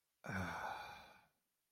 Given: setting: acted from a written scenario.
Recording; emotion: vocal sound without words; contentment